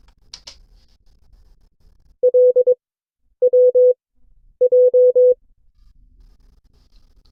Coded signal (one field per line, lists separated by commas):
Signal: Morse code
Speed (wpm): 22 wpm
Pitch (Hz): 500 Hz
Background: none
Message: L W J